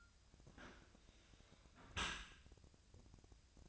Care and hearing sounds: daily activity, microphone in the room; close dishwasher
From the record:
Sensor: 2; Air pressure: 1002.9 hPa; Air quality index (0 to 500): 199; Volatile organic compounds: 6 ppm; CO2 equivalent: 1894 ppm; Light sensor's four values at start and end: 16/38/16/18 and 15/37/16/17

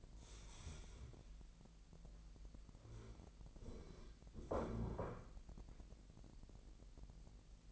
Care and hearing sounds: daily activity, microphone in the room; stand up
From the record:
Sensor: 5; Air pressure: 1001.7 hPa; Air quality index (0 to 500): 249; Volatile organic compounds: 31 ppm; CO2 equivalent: 2980 ppm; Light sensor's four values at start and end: 46/107/44/45 and 46/107/44/45

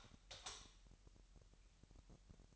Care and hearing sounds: daily activity, microphone in the room; light off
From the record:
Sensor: 3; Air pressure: 1001.8 hPa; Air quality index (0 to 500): 245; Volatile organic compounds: 47 ppm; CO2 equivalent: 3253 ppm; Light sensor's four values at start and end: 13/35/15/14 and 6/13/5/6

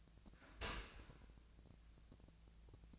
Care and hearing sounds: daily activity, microphone in the room; open dishwasher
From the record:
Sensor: 2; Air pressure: 1000.4 hPa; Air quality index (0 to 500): 166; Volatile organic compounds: 3 ppm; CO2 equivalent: 1379 ppm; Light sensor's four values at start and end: 12/32/12/14 and 12/32/12/14

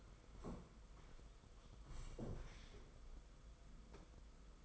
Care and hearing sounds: daily activity, microphone in the room; sit down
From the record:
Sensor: 5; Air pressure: 990.7 hPa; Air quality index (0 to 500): 150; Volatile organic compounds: 161 ppm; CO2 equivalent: 4071 ppm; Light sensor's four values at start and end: 45/136/52/56 and 45/137/53/56

